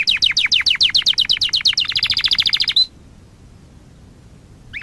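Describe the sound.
Canary song: a quick series of downward-slurred notes speeding into a tighter rapid trill, ending abruptly, then near silence with a single late chirp.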